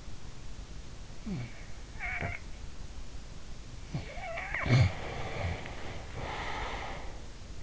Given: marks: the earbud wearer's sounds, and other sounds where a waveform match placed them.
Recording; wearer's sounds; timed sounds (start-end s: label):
sounds in sleep by an in-ear microphone; snoring breath
1.07-2.47 s: snoring breath
3.98-7.18 s: snoring breath